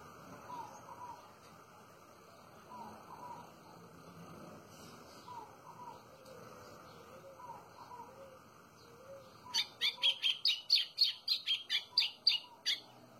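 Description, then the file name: White-throated seedeater singing a fast series of bright, buzzy high notes in the final few seconds. Soft, lower whistles from other birds come before it. "canto do golinho"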